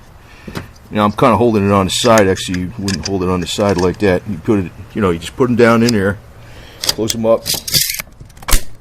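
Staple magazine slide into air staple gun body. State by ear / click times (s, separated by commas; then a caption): seated / 8.5 s. A staple magazine is loaded and slid closed into the body of an air staple gun while someone talks. A few quick sliding ticks are followed by a sharp snap at 8.5 s as the magazine seats.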